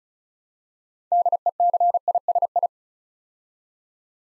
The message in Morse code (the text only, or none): DECISI